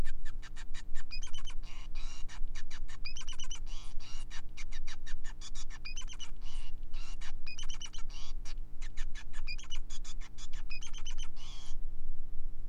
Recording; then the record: song of a male Bengalese finch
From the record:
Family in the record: son of father 5